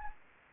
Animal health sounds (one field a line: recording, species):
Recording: mosquito wingbeat signal from an infrared sensor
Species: Anopheles gambiae